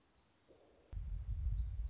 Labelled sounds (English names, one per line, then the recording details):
Black-throated Gray Warbler
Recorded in Sonoma County, California